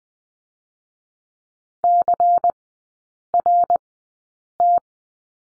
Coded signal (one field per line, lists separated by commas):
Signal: Morse code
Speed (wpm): 20 wpm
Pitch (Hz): 700 Hz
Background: none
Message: CRT